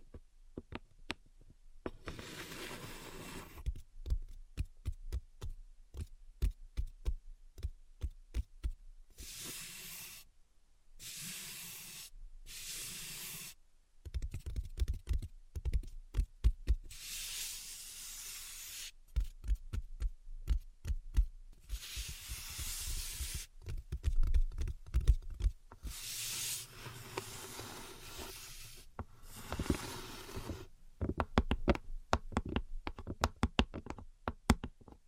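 Tapping and scratching: sharp, dry taps come in quick irregular runs across the whole stretch, thickest near the end. Between them, hissy scratching bursts of one to three seconds flare up repeatedly, the longest around 17 to 19 seconds and again near 27 to 30.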